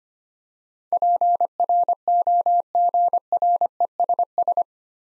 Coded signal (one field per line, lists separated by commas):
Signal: Morse code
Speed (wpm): 25 wpm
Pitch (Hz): 700 Hz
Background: none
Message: PROGRESS